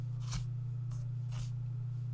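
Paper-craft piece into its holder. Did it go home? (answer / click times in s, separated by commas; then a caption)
no / none. A paper-craft piece is handled and fitted into its holder while corner pieces are being added after scoring. Soft papery brushes come at about 0.3, 0.9 and 1.4 seconds over a steady low hum, with a faint tick right at the end. Nothing has seated or clicked into place yet.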